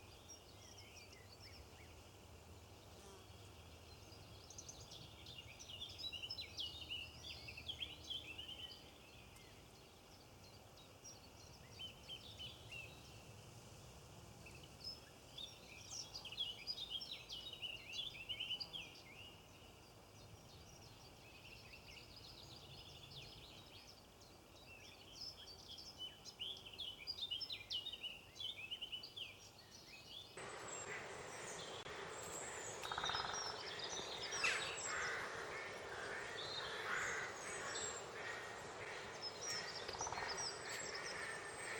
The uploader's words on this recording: Goldfinch. Very european bird.